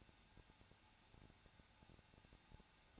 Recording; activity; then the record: daily activity, microphone in the room; no activity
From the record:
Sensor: 2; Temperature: 21.0 degrees Celsius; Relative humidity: 34.2%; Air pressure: 994.4 hPa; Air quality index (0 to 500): 172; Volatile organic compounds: 3 ppm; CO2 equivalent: 1337 ppm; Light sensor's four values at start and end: 2/3/2/2 and 2/3/2/2